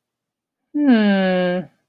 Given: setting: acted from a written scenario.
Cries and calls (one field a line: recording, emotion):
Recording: vocal sound without words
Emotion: confusion